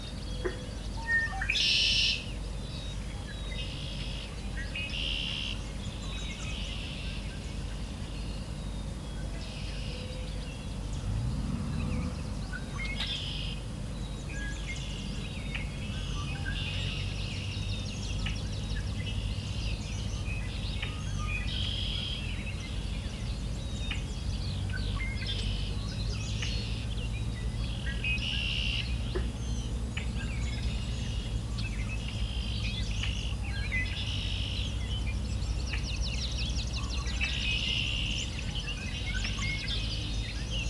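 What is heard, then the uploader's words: Birds sing around a lake in early summer, short bright phrases and chirps overlapping every second or two throughout. A steady low rumble sits underneath, swelling slightly around twelve seconds and again from about twenty-five seconds, like an engine. Valens Lake in June. In June of 2021 I returned to Valens Lake, during the height of breeding season.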